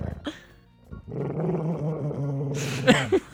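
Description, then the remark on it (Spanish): A dog named Fido lets out a brief low growl, then a sustained, wavering whine of whimpering tones, ending in a harsh, noisy snarl and a short yelp. “Shh, ya. Tranquilo. Ya.”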